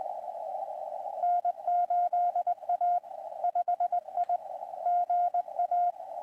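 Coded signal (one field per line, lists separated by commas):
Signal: Morse code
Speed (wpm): 20 wpm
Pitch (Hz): 720 Hz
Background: radio noise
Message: N8A 5I GA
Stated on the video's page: Winter Field Day live stream.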